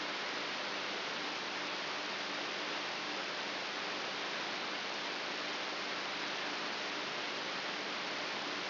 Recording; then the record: brain microelectrode recording played as sound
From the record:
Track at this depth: inside the subthalamic nucleus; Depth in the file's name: 3.24 mm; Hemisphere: right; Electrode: 3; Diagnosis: Parkinson's disease